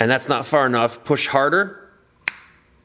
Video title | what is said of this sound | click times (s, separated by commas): XR45 / PullPup9 field strip and disassembly | once you hear that click now you're ready to disassemble okay | 2.3 s